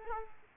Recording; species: mosquito wingbeat signal from an infrared sensor; Aedes aegypti